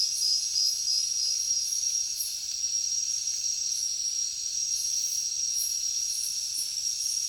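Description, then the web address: Crickets chirping in a dense, unbroken high chorus: a steady shrill tone with pulsing trills throughout. Heavy cricket chorus in a jungle at night. "papadroid sound Nature Jungle Night Heavy Crickets"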